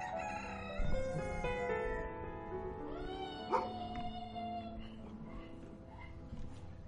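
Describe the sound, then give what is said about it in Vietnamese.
A rooster in a village crows in long, sustained harmonic calls that rise and fall, with another crow overlapping partway through over a steady low background hum. “Tiếng gà trong xóm chợt kháy vang.”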